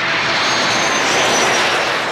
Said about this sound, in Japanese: 第二エンジンがちょっとせっこむんですよ。